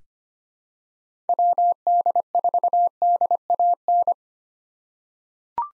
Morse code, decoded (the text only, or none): WD4DAN